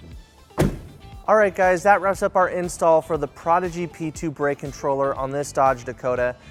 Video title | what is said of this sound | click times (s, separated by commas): 1999 Dodge Dakota Trailer Brake Controller Installation- Prodigy P2 | And then we're just going to push this in until it locks into place. | 0.6 s